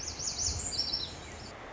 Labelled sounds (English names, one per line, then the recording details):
Lazuli Bunting
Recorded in Sonoma County, California